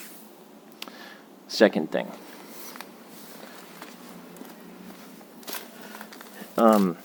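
On a Land Rover LR3 cargo-area trim, with the blanking plate removed, an entertainment access part is pushed into the opening in the plastic trim panel. It seats with a single sharp snap at 0.8 s, followed by a few faint handling ticks. Someone talks briefly around 1.6–2.0 s and again near 6.7 s.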